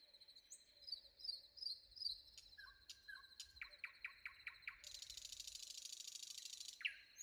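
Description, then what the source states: Common nightingale song: soft whistled notes, then a string of quick descending notes and a long loud buzzy churr, closing with a sharp rising note. Sung before dawn.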